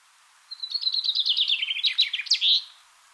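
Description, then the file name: Common chaffinch sings one phrase of about two seconds: a rapid series of chirps ending in a short flourish. "Fringilla coelebs"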